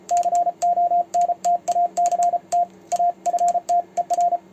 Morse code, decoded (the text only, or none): CONTACT AFTER